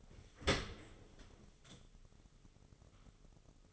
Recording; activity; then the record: daily activity, microphone in the room; open dishwasher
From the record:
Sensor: 4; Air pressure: 996.6 hPa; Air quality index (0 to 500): 87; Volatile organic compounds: 4 ppm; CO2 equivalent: 1692 ppm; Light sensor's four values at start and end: 19/51/20/22 and 18/50/19/21